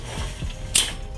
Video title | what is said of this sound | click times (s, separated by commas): How To Attach Your CART SHELF to Rockville ROCK CART OFF-ROAD DJ Pro Rolling Car Huge Wheels | and be sure to pull them all the way out until you hear this clicking sound | 0.8 s